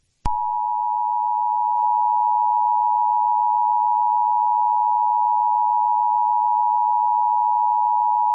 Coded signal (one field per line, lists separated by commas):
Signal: Emergency Alert System (SAME) tones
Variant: 853 and 960 Hz attention tone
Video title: EAS Scenario #2 Evil RammuelRajotal Attack